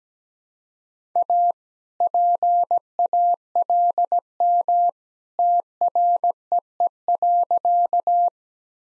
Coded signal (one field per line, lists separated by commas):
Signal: Morse code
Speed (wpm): 17 wpm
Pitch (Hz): 700 Hz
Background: none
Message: A PALM TREE.